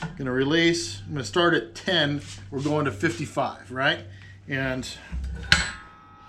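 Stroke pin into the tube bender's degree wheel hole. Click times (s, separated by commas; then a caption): 5.5 s. Someone talks while running a JD Squared Model 4 hydraulic tube bender. At 5.5 s a sharp metallic click rings out with a short ringing tail as the die advances and the stroke pin drops into the next hole of the degree wheel at pin 20, confirming it has seated.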